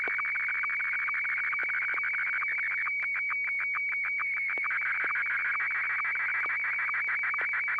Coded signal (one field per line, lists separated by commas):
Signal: SSTV (slow-scan television)